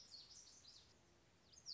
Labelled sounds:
Lazuli Bunting
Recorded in Sonoma County, California

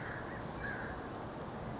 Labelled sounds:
California Towhee
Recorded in Sonoma County, California

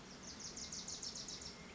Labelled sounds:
Bewick's Wren
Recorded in Sonoma County, California

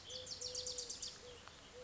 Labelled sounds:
Eurasian Collared Dove
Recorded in Sonoma County, California

